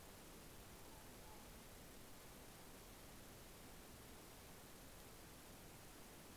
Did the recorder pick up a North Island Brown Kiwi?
no